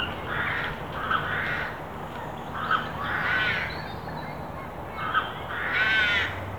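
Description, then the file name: Carrion crow: several hoarse caws and rasping calls against a background hiss. "Corvus corone"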